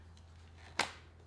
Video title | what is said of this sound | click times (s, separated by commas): The CLEAR CASE with CRAZY DROP PROTECTION! - Supcase UB Air Mag for iPhone 15 Pro Max | Nice click onto there, and you guys know that this is not going to come off. | 0.8 s